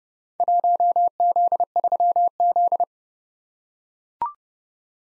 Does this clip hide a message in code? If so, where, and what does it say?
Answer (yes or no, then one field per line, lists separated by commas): yes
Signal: Morse code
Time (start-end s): 0.4-2.8 s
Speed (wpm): 28 wpm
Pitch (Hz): 700 Hz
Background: none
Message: 1Z3Z